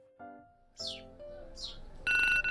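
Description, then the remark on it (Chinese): An alarm clock goes off the next morning, waking a sleeper, with a string of bright electronic tones and chirpy, bird-like sweeps, ending in a louder, shrill, sustained ringing burst. No one speaks. “第二天，罗瑞被温小辉的闹钟叫醒。”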